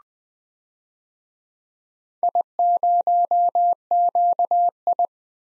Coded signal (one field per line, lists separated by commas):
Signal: Morse code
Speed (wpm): 20 wpm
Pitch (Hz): 700 Hz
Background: none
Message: I0QI